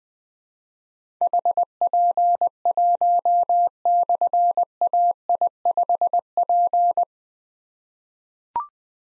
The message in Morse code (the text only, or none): HP1/AI5P